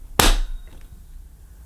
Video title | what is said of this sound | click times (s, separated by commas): Sebo Dart 1 Commercial Vacuum Cleaner Unboxing & Demonstration | just push it down until it clicks into position | 0.2 s